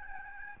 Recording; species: mosquito wingbeat signal from an infrared sensor; Aedes albopictus